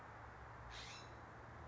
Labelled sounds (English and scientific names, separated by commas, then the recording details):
California Scrub-Jay (Aphelocoma californica)
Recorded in Sonoma County, California